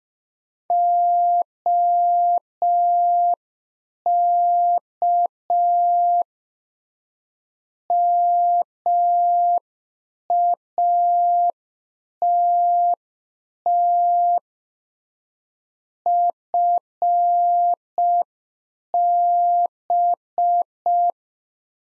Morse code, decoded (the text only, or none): OK MATT FB